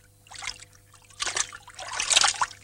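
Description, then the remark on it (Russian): Water sloshes and splashes in three uneven surges as a man, with his shoes, socks and trousers taken off, wades into a river, each stride churning the water a little louder than the last, with no voices. “Заходит в речку.”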